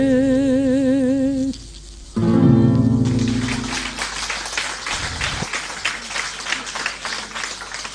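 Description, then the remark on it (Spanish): A recorded tango song ends on a long, wavering held note, then a short final chord rings out after a brief pause, and steady applause from a very young audience rises and continues to the end. “En La Venganza Será Terrible hemos escuchado a … interpretando ….”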